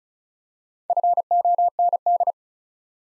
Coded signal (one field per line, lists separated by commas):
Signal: Morse code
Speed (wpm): 36 wpm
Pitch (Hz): 700 Hz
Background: none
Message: FOND